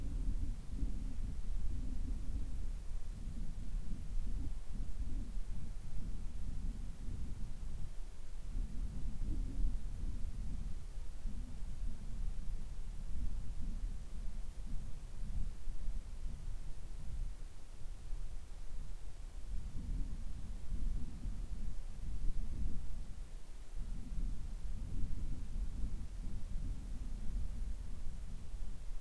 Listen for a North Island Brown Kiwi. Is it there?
no